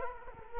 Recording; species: mosquito wingbeat signal from an infrared sensor; Culex quinquefasciatus